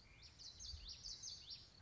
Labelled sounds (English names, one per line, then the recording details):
Common Yellowthroat
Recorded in Sonoma County, California